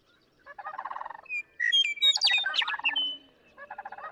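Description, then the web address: Western meadowlark song of sliding whistles and rich warbled notes, overlapping with bursts of low, pulsed rattling calls at the start and end. "birdsongforthecurious songs Western Meadowlark"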